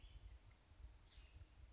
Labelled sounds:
Cassin's Vireo
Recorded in Sonoma County, California

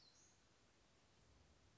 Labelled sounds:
Black-throated Gray Warbler
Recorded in Sonoma County, California

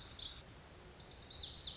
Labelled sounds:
Lazuli Bunting
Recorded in Sonoma County, California

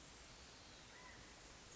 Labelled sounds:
California Quail
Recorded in Sonoma County, California

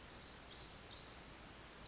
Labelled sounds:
Pacific Wren
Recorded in Sonoma County, California

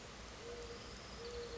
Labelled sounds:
Mourning Dove
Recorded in Sonoma County, California

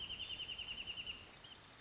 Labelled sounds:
Wrentit
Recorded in Sonoma County, California

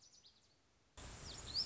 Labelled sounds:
Lazuli Bunting
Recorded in Sonoma County, California

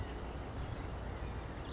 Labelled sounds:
California Towhee
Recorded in Sonoma County, California

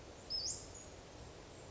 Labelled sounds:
Western Flycatcher
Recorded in Sonoma County, California

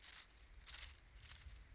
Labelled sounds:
Steller's Jay
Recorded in Sonoma County, California

